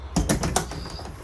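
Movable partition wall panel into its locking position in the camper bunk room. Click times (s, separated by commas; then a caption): 0.3 s, 0.6 s. A movable partition wall panel in the bunk room of a Forest River Puma 25BHFQ camper is pulled across to separate the bunk room, sliding with a short rattling run of sharp clicks. Clicks land at about 0.3 s and 0.6 s as the wall locks into place, followed by a faint trailing rattle.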